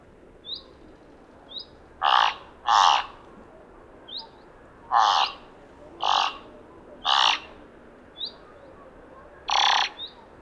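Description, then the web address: Thick-billed raven giving a loose series of six harsh, throaty calls, some paired closely, with brief high rising chirps in between. "Thick billed raven. صدای-پرنده-غراب-نوک-کلفت"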